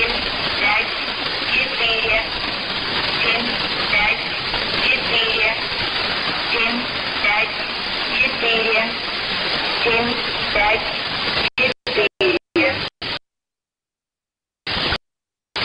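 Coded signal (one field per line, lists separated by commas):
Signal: numbers station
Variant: S06s Russian Lady, Russian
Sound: faint female voice reading evenly spaced Russian numbers under heavy hiss, then cutting out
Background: radio static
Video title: 03 04 2018 S06s Russian Lady numbers station in Russian to Eu 1100 on 6190 unknown tx site in CUSB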